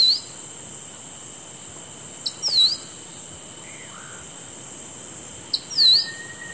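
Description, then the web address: Spot-tailed nightjar giving a sharp tick followed by a high, thin, V-shaped whistled note, twice about three seconds apart, over a steady high insect drone. Recorded in the eastern lowlands of South America. "Natures Songs S America Eastern Lowlands. Spot-tailed Nightjar"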